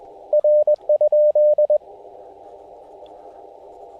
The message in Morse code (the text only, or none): R?